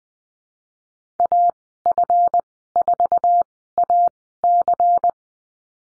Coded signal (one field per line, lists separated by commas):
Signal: Morse code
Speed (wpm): 19 wpm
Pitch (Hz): 700 Hz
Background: none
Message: AF4AC